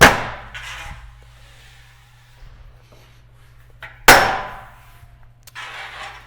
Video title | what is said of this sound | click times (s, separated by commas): Deck Panel Installation - Aria Railing | You will hear 2 audible clicks to know it's fully seated into place. | 0.0 s, 4.1 s